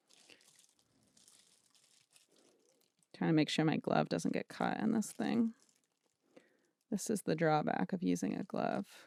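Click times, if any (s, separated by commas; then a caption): none. A gloved hand lines up the pins of a replacement vacuum tube with the socket inside a WA-67 tube condenser microphone, with crinkling from the glove and faint contact ticks between about 0.1 and 2.2 s and again near 5.7 and 6.4 s. Someone talks over the handling. The tube is lined up with the socket but has not seated or clicked yet.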